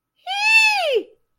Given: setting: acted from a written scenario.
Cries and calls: vocal sound without words; pride

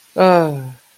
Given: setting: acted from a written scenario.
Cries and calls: vocal sound without words; sympathy

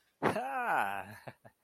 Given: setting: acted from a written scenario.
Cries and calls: vocal sound without words; elation

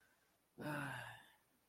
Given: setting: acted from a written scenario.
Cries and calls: vocal sound without words; serenity

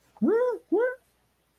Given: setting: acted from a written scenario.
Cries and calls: vocal sound without words; negative surprise

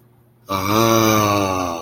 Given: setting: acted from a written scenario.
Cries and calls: vocal sound without words; relief

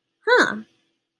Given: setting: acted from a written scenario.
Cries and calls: vocal sound without words; interest

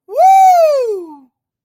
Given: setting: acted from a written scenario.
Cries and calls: vocal sound without words; elation

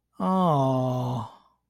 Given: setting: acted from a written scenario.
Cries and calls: vocal sound without words; sympathy

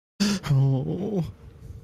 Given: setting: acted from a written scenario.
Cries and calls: vocal sound without words; fear

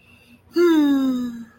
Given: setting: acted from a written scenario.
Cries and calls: vocal sound without words; contentment

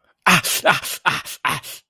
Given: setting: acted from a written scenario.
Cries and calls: vocal sound without words; pain

